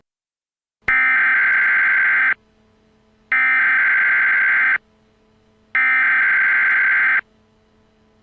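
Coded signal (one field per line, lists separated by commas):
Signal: Emergency Alert System (SAME) tones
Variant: header bursts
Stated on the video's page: Mock EAS alert for flooding; not a real alert.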